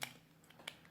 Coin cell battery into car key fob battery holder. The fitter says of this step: and just apply a little pressure. It'll click right in.